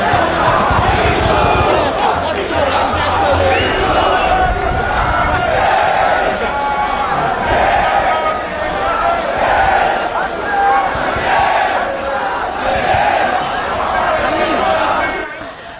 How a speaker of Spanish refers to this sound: Bueno, todos estos gritos y violencia se realizan, como no, con la presencia policial israelí que protege a estos ultraderechistas israelíes.